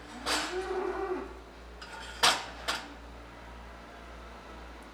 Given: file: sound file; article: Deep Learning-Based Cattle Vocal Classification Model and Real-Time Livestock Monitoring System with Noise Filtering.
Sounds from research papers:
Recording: cattle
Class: normal call

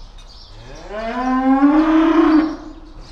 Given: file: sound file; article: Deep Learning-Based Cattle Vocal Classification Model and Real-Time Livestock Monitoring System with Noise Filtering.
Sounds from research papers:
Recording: cattle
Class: estrus call

